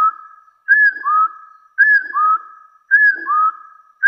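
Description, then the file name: Hill partridge whistled call: a bright, slightly arched note followed by a lower, rising whistle, the pair repeated about once a second. "Tieng ga so nui"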